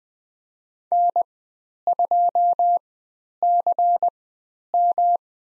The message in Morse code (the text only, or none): N2CM